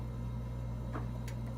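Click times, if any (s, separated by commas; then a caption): 1.3 s. A twist cap is pushed and twisted onto the port of a sub-Q fluid line or bag over a steady low hum, with a soft rustle near 1.0 s. It snaps on with a brief, faint, bright click at 1.3 s, and the cap is seated.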